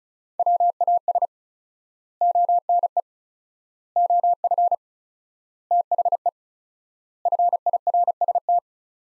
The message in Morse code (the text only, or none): WAS ONE OF THE FIRST